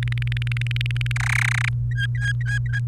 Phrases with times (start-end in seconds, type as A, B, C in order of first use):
0.03-1.12 A, 1.16-1.69 B, 1.91-2.79 C